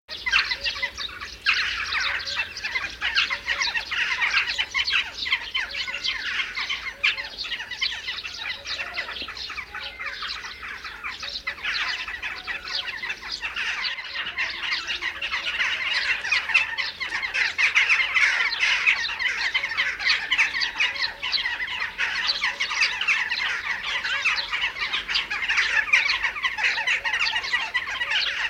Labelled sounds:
Western Jackdaw call
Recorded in the wild
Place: Tscherwen, Ruse, BG
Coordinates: 43.452, 25.054
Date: 1974-06-09
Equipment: Nagra III BH, Sennheiser MD 21, parabola
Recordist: Schubert, Michael

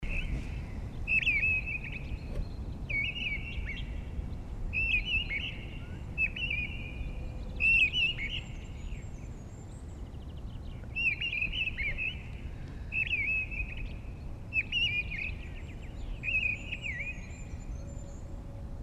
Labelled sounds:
Mistle Thrush song
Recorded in the wild
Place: Garmisch-Partenkirchen, Bayern, DE
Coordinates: 47.4981, 11.1306
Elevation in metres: 1043
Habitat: mountains
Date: 1980-03-29
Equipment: Uher 4000 Report, Sennheiser MKH 815 T
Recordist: Tretzel, Erwin

